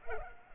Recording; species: mosquito wingbeat signal from an infrared sensor; Culex pipiens